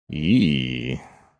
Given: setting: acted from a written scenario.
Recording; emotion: vocal sound without words; shame